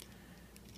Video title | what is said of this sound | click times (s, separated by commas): Transformers Age of Extinction Generations Deluxe CROSSHAIRS Review | I click that into place to get these to line up like that yeah see there it snapped into place so | 0.0 s